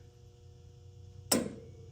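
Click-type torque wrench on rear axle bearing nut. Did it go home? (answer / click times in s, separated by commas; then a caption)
yes / 1.3 s. A click-type torque wrench tightens the rear wheel bearing nut on a 2003 F350 truck rear hub during a rear brake pad, rotor and wheel seal job. After steady low background hum, the wrench gives one sharp click at 1.3 s as it reaches its set torque, followed by a brief ringing tail. Nobody talks during the clip.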